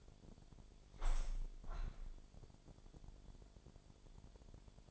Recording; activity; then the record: daily activity, microphone in the room; open window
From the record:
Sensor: 5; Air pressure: 1006.5 hPa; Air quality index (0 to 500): 184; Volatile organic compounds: 5 ppm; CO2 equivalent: 1757 ppm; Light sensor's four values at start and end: 57/161/63/63 and 57/161/63/63